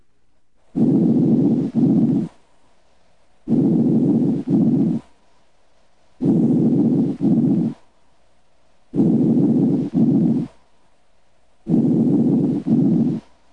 Normal breath sounds, apex. If the patient is sitting up during auscultation of the anterior chest wall surface, breath sounds are louder over the apices during early inspiration and become progressively softer as inspiration continues. Normal breath sounds heard over the apex of the lung sound like this.